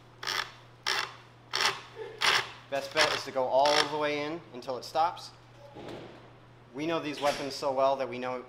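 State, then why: Seated. A steel M2HB heavy machine gun barrel is turned clockwise into the barrel extension, and the barrel locking spring detent clicks as each notch passes, at 0.3, 0.9 and 1.6 seconds. Someone talks as the barrel is screwed in until it is seated.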